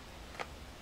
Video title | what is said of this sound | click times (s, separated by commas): Angeln für Einsteiger – BARSCHANGELN - Tipps und Tricks für Anfänger - ANGLERBOARD TV | den kopf wieder drauf klickt einfach hier rein drückt | 0.4 s